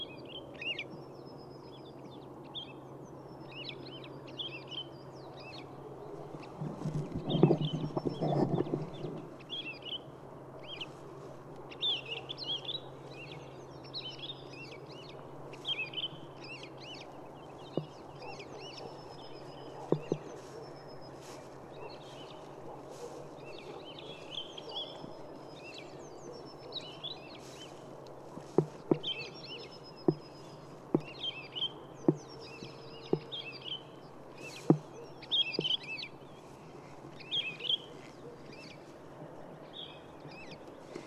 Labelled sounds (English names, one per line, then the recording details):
Wood Lark
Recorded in the wild
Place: Schönow, Naturpark Barnim, Brandenburg, DE
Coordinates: 52.6842, 13.5283
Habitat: heath
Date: 2005-04-01
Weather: clear, -3°C, weak wind from SE
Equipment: Tascam DA-P1, Telinga Pro 5
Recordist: Frommolt, Karl-Heinz